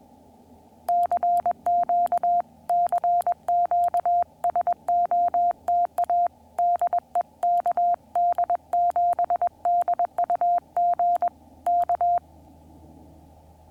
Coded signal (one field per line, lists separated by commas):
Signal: Morse code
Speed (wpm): 21 wpm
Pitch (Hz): 700 Hz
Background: none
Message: CQ CQ SOTA DE KD7DUG K